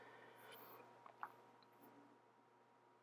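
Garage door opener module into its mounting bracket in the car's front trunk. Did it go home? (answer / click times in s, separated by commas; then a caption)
yes / 1.1 s, 1.2 s. A plastic Tesla HomeLink garage door opener module is slid into its mounting bracket, held on by one 10 mm bolt, in the car's front trunk area. Faint sliding rustle over a low steady hum leads to a small click at 1.1 s and a sharper, louder click at 1.2 s. The module latches and is seated in the bracket.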